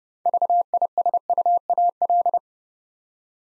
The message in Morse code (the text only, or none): VISUAL